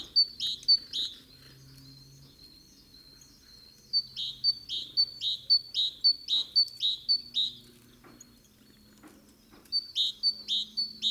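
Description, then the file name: Great tit calling, rapid series of high chirping notes with downward sweeps, delivered in bursts separated by gaps of two to three seconds; low background hum. "Parus major"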